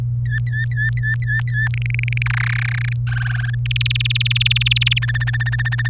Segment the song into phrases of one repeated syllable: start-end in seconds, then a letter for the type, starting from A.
0.26-1.68 A, 1.74-2.22 B, 2.26-2.93 C, 3.07-3.55 D, 3.65-4.99 E, 5.02-5.88 F